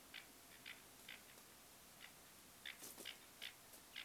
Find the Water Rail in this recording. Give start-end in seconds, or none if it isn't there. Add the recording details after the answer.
0.12-0.22, 0.50-0.74, 1.07-1.18, 2.00-2.07, 2.63-2.73, 3.05-3.13, 3.41-3.48, 3.94-4.04. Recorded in France